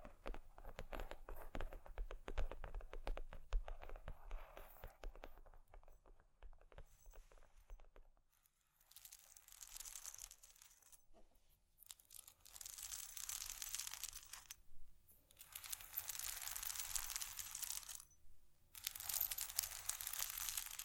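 Handled objects clatter and tap in dense, irregular bursts for the first eight seconds, with crinkly, crumpling textures. After a short pause, long hissing scrapes and rustles come in bright stretches around 9–11, 12–15, 15.5–18 and 19–21 seconds, separated by brief silences.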